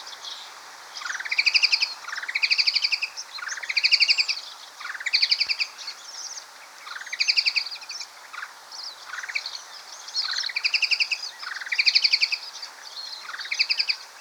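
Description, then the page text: White-throated babbler calls: repeated harsh, chattering phrases, each a rapid series of notes sweeping upward, given in bursts roughly every one to two seconds. "White-Throated Babbler Calls. Quick Sounds"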